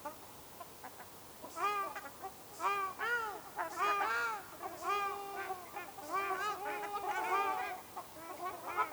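Ruddy shelduck calls: loud nasal arched honks in an irregular series, about one a second, some drawn out.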